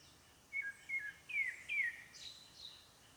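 Bird calls: four short whistled notes, some slurring downward, given in quick succession, followed by two fainter higher notes over a soft background hiss.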